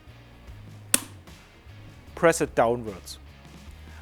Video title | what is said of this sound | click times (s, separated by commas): SCHUBERTH TV - How to install, pair and get started with your SC EDGE | When you hear the clicking, the main unit is installed. | 0.9 s